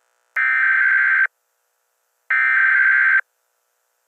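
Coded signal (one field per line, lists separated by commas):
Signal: Emergency Alert System (SAME) tones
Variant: header bursts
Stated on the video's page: Fictional pilot EAS scenario made in Wrapper: Offline.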